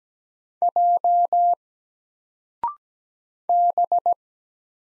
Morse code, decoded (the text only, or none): J B